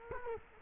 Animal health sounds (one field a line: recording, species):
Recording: mosquito wingbeat signal from an infrared sensor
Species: Culex quinquefasciatus